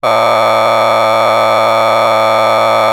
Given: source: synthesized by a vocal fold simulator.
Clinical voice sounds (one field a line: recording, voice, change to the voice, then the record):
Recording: sustained vowel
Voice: male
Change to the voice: a random mix of aspiration noise, stiffness perturbation and strain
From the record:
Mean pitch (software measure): 111 Hz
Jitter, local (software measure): 3.12%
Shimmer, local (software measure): 4.1%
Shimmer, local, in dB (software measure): 0.33 dB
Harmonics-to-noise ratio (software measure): 5.8 dB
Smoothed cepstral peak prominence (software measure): 12.8 dB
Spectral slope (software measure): -12.7 dB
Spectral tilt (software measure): -10.1 dB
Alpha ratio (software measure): -3.2 dB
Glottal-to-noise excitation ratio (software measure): 0.980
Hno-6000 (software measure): 1.8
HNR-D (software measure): 19.6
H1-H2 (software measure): 0.2 dB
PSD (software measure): 2.7e-04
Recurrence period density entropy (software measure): 0.128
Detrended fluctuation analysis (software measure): 0.0318